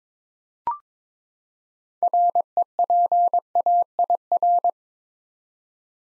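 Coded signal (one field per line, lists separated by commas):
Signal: Morse code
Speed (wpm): 22 wpm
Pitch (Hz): 700 Hz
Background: none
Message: REPAIR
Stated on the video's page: Head-copy practice of six-letter words at 22 wpm.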